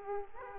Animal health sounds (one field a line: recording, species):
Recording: mosquito wingbeat signal from an infrared sensor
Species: Aedes aegypti